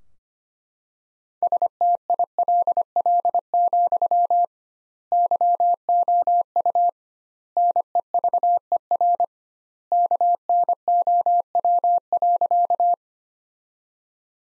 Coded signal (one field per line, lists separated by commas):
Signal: Morse code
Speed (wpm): 25 wpm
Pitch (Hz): 700 Hz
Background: none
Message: STILL, YOU NEVER KNOW.